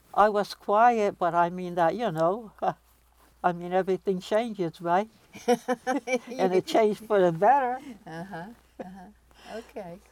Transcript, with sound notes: I was quiet, but I mean that, you know, I mean, everything changes, right? [Laughs] And it changed for the better!
Uh-huh, okay.